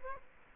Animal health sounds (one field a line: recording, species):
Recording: mosquito wingbeat signal from an infrared sensor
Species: Culex quinquefasciatus